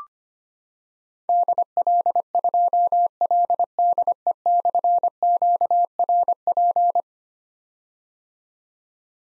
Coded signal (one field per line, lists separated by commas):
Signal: Morse code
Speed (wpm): 25 wpm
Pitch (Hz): 700 Hz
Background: none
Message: DL2LDE/QRP